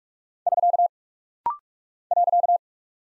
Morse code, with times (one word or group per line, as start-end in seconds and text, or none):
0.5-0.9 <SK>
2.1-2.6 .